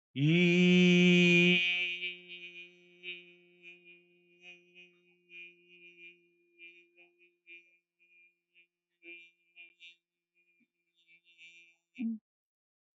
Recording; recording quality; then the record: sustained vowel as in beet; excellent, no background noise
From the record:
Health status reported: exposed to COVID-19, no respiratory illness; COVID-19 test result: not tested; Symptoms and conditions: muscle pain, hypertension, diabetes, ischaemic heart disease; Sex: male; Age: 70 years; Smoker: not ticked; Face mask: not worn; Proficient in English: yes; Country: India